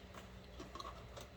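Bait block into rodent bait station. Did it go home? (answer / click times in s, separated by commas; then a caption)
partly / 0.8 s. A bait block is pushed back into a plastic rodent bait station and given a tug, making two quiet ticks at 0.8 s and 0.8 s. The part is not fully seated, so it is pulled out to be redone.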